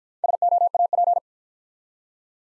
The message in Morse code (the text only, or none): SOAP